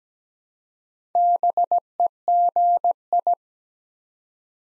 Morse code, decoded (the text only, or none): BEGI